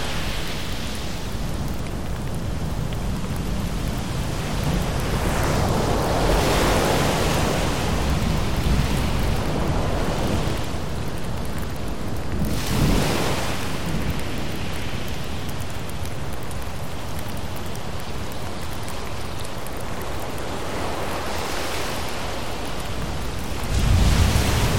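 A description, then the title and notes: A thunderstorm with rain and ocean waves makes a dense, steady roar that never lets up. Slow surges swell and fade every few seconds, with stronger ones near 6, 12 and 22 seconds, and a deep low rumble rises at the very end. Thunderstorm Rain Sounds With Ocean Waves.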